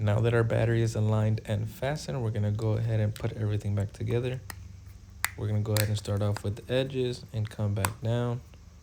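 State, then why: Not seated. A 2015–2020 Cadillac Escalade key fob is being reassembled after the coin cell battery was replaced and fastened, with the plastic shell halves pressed together starting at the edges. Someone talks throughout, with a sharp tick at about 5.3 s. Nothing has snapped or seated yet by the end of the clip.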